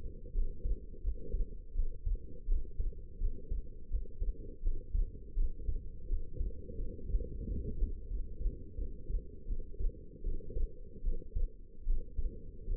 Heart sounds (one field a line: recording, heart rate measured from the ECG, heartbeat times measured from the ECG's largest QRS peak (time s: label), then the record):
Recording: heart sounds by stethoscope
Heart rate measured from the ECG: 83 bpm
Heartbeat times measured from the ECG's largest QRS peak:
0.33 s: heartbeat
1.02 s: heartbeat
1.74 s: heartbeat
2.47 s: heartbeat
3.19 s: heartbeat
3.89 s: heartbeat
4.61 s: heartbeat
5.35 s: heartbeat
6.08 s: heartbeat
6.77 s: heartbeat
7.45 s: heartbeat
8.08 s: heartbeat
8.76 s: heartbeat
9.47 s: heartbeat
10.23 s: heartbeat
11.03 s: heartbeat
11.85 s: heartbeat
12.66 s: heartbeat
From the record:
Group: healthy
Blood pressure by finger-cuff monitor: 96/68 mmHg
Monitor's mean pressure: 77 mmHg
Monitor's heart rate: 83 bpm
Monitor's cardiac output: 6.1 L/min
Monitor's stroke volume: 72 mL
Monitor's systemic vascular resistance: 910 dyn s/cm5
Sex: female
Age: 19 years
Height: 163 cm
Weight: 51 kg